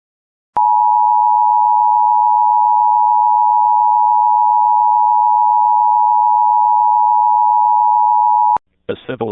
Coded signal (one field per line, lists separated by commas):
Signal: Emergency Alert System (SAME) tones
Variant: 853 and 960 Hz attention tone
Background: speech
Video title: rare eas alerts